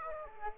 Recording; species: mosquito wingbeat signal from an infrared sensor; Aedes aegypti